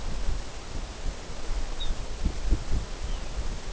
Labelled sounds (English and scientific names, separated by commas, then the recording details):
Lapland Longspur (Calcarius lapponicus)
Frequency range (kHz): Lapland Longspur (Calcarius lapponicus) 2.2-4.2 kHz
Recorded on Arctic tundra, site NAIT-1, on 19 June 2018
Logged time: 21:00